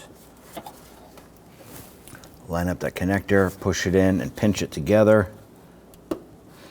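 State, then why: Seated. A new rear ABS wheel speed sensor harness connector on a 2006–2014 Honda Ridgeline is lined up with the vehicle's mating plastic wiring connector, then pushed in and pinched together. Someone talks, then a sharp snap at 6.1 s marks the connector latching and seating.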